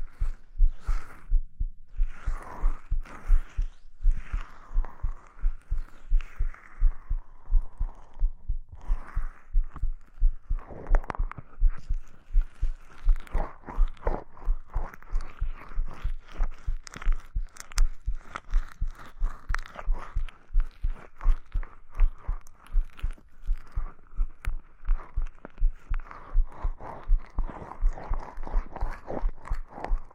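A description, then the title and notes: Dense rubbing and muffled thumping of an ear massage, with rapid irregular taps and brushing strokes that continue without pause throughout. Ear massage, giving you a different enjoyment, full of strength.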